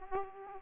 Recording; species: mosquito wingbeat signal from an infrared sensor; Aedes aegypti